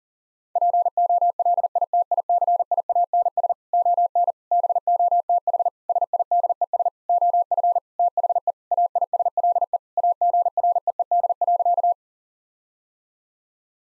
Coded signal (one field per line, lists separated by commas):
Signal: Morse code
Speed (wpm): 40 wpm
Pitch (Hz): 700 Hz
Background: none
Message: POLITICIANS ON BOTH SIDES OF THE AISLE AGREED.